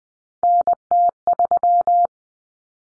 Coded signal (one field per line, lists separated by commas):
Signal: Morse code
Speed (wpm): 20 wpm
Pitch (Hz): 700 Hz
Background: none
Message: NT3